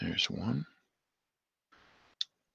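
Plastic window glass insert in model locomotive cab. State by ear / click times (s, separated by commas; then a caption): released / 2.2 s. Someone talks briefly as the second back window glass insert is pried out of a plastic model locomotive cab. After a pause and a soft noisy hiss, a sharp snap at 2.2 s marks the insert popping free and releasing, followed by a faint tick at the very end.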